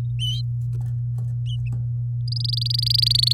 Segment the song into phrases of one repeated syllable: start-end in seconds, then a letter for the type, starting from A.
2.28-3.33 A